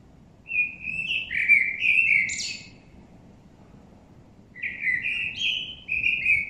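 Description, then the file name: Common blackbird song: two mellow fluted warbling phrases separated by a two-second pause, the first ending in a thin, high squeaky flourish; faint low background hum. "Turdus merula"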